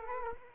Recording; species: mosquito wingbeat signal from an infrared sensor; Culex quinquefasciatus